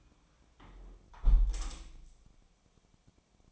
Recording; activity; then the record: daily activity, microphone in the room; close window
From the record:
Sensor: 1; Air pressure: 1000.4 hPa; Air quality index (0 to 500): 182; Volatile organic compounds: 4 ppm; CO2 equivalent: 1677 ppm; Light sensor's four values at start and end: 10/25/10/12 and 10/24/10/11